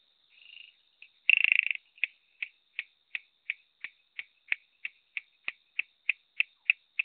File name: Raorchestes luteolus call